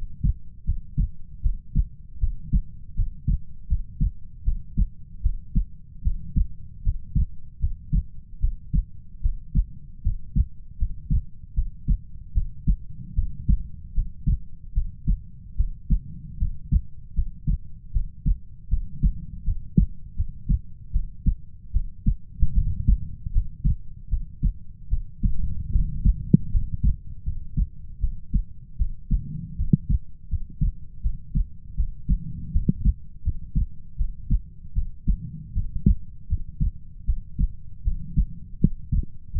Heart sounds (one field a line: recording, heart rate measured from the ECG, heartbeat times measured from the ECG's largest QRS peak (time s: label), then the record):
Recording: heart sounds by stethoscope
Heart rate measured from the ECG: 78 bpm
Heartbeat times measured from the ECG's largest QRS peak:
0.64 s: heartbeat
1.41 s: heartbeat
2.18 s: heartbeat
2.94 s: heartbeat
3.67 s: heartbeat
4.43 s: heartbeat
5.21 s: heartbeat
6.02 s: heartbeat
6.82 s: heartbeat
7.59 s: heartbeat
8.39 s: heartbeat
9.21 s: heartbeat
10.02 s: heartbeat
10.77 s: heartbeat
11.53 s: heartbeat
12.32 s: heartbeat
13.14 s: heartbeat
13.93 s: heartbeat
14.73 s: heartbeat
15.55 s: heartbeat
16.37 s: heartbeat
17.13 s: heartbeat
17.91 s: heartbeat
18.68 s: heartbeat
19.43 s: heartbeat
20.15 s: heartbeat
20.91 s: heartbeat
21.71 s: heartbeat
22.53 s: heartbeat
23.31 s: heartbeat
24.08 s: heartbeat
24.88 s: heartbeat
25.70 s: heartbeat
26.50 s: heartbeat
27.23 s: heartbeat
27.99 s: heartbeat
28.76 s: heartbeat
29.56 s: heartbeat
30.28 s: heartbeat
31.01 s: heartbeat
31.75 s: heartbeat
32.51 s: heartbeat
33.22 s: heartbeat
33.96 s: heartbeat
34.73 s: heartbeat
35.52 s: heartbeat
36.27 s: heartbeat
37.04 s: heartbeat
37.82 s: heartbeat
38.59 s: heartbeat
39.31 s: heartbeat
From the record:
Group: healthy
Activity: cold pressor test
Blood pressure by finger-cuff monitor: 92/61 mmHg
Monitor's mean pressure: 74 mmHg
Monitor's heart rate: 77 bpm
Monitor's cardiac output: 6.7 L/min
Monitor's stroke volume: 87 mL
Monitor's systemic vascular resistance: 800 dyn s/cm5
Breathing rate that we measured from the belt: 19 breaths a minute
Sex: female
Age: 19 years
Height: 163 cm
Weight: 48.9 kg